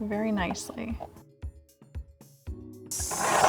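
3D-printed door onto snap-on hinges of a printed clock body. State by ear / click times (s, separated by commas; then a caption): seated / 2.9 s. Someone talks over background music with evenly spaced, beat-like hits while a 3D-printed PLA door is pressed onto the small snap-on hinges of a printed clock figure. At 2.9 s a loud, sharp click stands out above the music as the door snaps home onto its hinges, seated.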